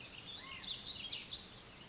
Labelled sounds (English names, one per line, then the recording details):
Warbling Vireo
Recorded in Sonoma County, California